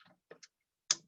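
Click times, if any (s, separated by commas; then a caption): 0.9 s. A CMOS coin cell battery is placed back into its holder on a desktop motherboard and snaps into place. A few faint ticks at about 0.3 and 0.4 seconds lead up to one sharp, loud, bright click at 0.9 seconds, which trails off briefly. The battery is seated.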